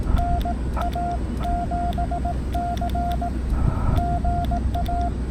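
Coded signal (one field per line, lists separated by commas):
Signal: Morse code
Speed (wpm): 19 wpm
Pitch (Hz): 700 Hz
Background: none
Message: NA7C GA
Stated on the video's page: Parks on the Air activation, worked in CW and SSB.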